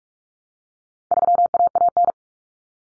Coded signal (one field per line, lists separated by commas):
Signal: Morse code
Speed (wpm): 44 wpm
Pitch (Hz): 700 Hz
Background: none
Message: 3AAN